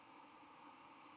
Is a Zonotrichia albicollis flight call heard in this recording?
no